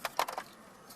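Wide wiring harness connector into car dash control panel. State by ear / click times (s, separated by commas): seated / 0.2 s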